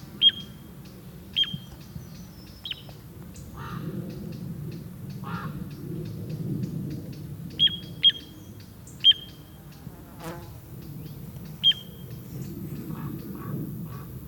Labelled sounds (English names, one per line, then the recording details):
Little Ringed Plover call
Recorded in the wild
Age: adult
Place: Flemmingen, Thuringia, DE
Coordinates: 50.9385, 12.6332
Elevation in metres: 250
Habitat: gravel pit
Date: 2024-07-27 15:21
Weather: 20-25°C, cloudy
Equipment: Sound Devices MixPre6, Sennheiser MKH8060
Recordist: Frommolt, Karl-Heinz